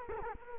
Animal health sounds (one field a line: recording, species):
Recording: mosquito wingbeat signal from an infrared sensor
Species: Culex quinquefasciatus